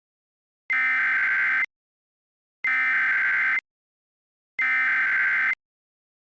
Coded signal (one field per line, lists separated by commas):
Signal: Emergency Alert System (SAME) tones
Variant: header bursts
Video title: EAS Recreations: A Timeline of the 4/11/24 Florida Outbreak (TBW)